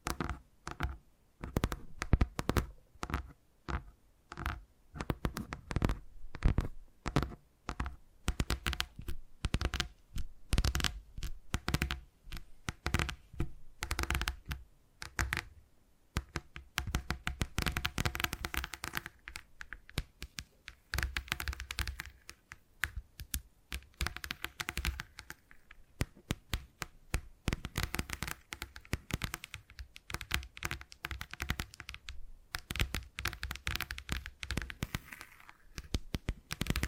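Tapping sounds made by fingers come in rapid, uneven bursts of sharp clicks for the whole stretch, much like fast typing. The taps stay dense and busy throughout, thinning briefly around the fifteen-second mark before picking up again, with a faint low hum underneath.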